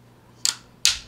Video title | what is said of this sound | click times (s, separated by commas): The EASIEST Way to Clean and Maintain Your SIG P320 M18 | snaps back in place | 0.5 s, 0.9 s